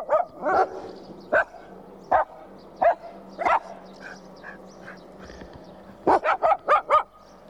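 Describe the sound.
Dog barking, single barks spaced out at first, then a rapid run of five barks near the end.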